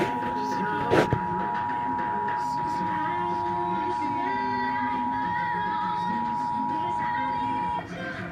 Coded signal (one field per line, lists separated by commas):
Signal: Emergency Alert System (SAME) tones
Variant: 853 and 960 Hz attention tone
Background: speech, music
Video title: Severe Thunderstorm Warning EAS #75